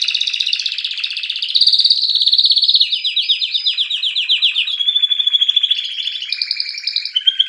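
Canary song, continuous fast trills shifting through several high tours, with bright repeated chip-like notes rolling on for the whole stretch.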